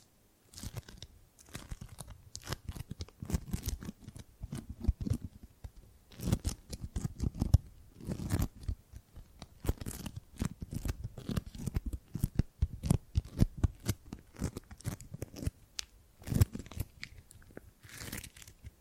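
Gripping and grabbing sounds: a dense run of short crinkly, crunching handling noises, like fingers clutching and squeezing material. The grabs come irregularly but almost continuously for the whole stretch, with sharper, brighter snaps here and there and soft rustling between them.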